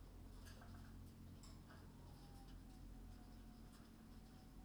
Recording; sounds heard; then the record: poultry house recording; healthy chickens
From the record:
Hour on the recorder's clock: 19